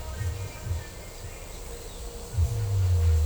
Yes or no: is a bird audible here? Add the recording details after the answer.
no. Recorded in pastures near Puerto Asís, Putumayo, Colombia, on 22 December 2024 at 15:30. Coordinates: 0.497, -76.327. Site G088